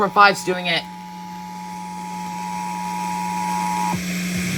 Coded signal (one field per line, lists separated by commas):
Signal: Emergency Alert System (SAME) tones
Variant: 853 and 960 Hz attention tone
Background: speech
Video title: CT RMTs July 2 2019 EAS 266 to 268